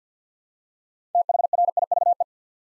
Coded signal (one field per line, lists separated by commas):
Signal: Morse code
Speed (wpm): 47 wpm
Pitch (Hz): 700 Hz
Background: none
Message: THRIVE